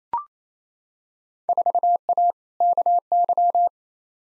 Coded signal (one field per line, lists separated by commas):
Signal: Morse code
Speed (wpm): 28 wpm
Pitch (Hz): 700 Hz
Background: none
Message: 4A KY